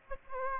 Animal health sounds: mosquito wingbeat signal from an infrared sensor; Aedes aegypti

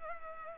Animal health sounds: mosquito wingbeat signal from an infrared sensor; Culex pipiens

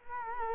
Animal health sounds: mosquito wingbeat signal from an infrared sensor; Culex quinquefasciatus

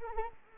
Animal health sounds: mosquito wingbeat signal from an infrared sensor; Anopheles arabiensis

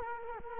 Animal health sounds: mosquito wingbeat signal from an infrared sensor; Culex quinquefasciatus

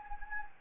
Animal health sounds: mosquito wingbeat signal from an infrared sensor; Anopheles gambiae

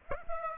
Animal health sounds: mosquito wingbeat signal from an infrared sensor; Aedes aegypti

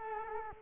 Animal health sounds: mosquito wingbeat signal from an infrared sensor; Culex quinquefasciatus

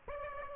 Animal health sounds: mosquito wingbeat signal from an infrared sensor; Aedes aegypti

